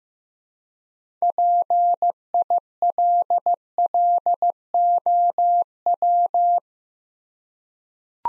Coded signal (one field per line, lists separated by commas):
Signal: Morse code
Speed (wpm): 15 wpm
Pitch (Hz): 700 Hz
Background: none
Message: PILLOW